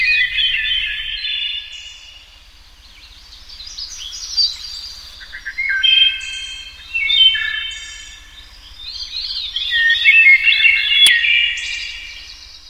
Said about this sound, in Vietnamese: Ta muốn con chim họa mi đó tấu lên khúc nhạc mê hồn của nó trong buổi đại tiệc chiêu đãi của hoàng gia.